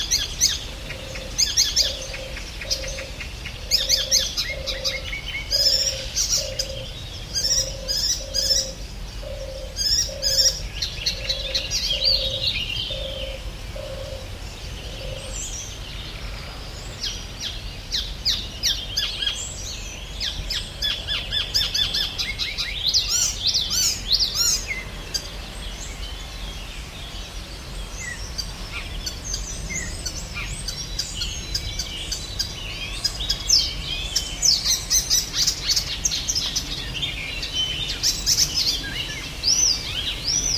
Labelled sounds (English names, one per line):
Icterine Warbler